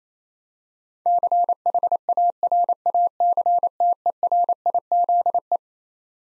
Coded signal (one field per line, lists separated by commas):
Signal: Morse code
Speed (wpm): 27 wpm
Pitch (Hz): 700 Hz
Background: none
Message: CHARACTERIZE